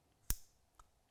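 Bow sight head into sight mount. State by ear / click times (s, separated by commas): seated / 0.3 s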